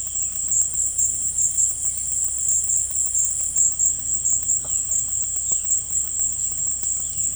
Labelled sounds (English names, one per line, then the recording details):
none
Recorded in dense forest near Puerto Asís, Putumayo, Colombia, on 19 February 2024 at 17:30
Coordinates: 0.487, -76.319
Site G6403